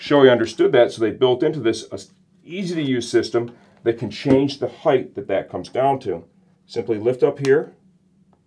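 Someone talks while a small plastic tab for the drop-down sun shield's travel stop, inside the shell of a Shoei GT-Air II motorcycle helmet, is lifted to set how far the shield comes down. The tab has been handled but has not locked in yet, and nothing has seated or clicked.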